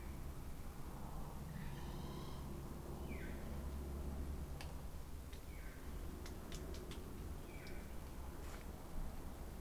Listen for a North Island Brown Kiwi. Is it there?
no